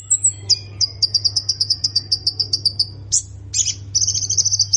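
Plain prinia: a short high whistle, a fast train of crisp high notes, then harsh buzzy bursts and a rapid trill, all over a faint low hum.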